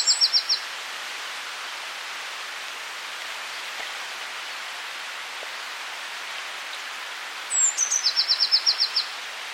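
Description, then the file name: Eurasian blue tit song, brief high trills at start and end with a sliding introductory note before the second, separated by a long quiet stretch with steady background hiss. "Cyanistes caeruleus"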